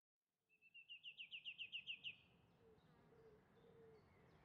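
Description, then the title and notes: Song thrush song: a rapid run of many bright, evenly spaced notes lasting under two seconds. Field recording made in Oxfordshire, England. "This field recording of a song thrush in Oxfordshire, England"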